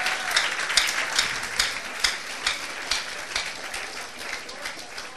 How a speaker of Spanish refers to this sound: Levante el aplauso al Señor.